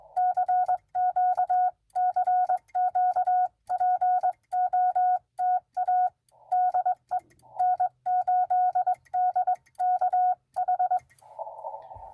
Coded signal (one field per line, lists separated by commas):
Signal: Morse code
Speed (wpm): 21 wpm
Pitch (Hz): 730 Hz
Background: none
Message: CQCQPOTA DE N8DKH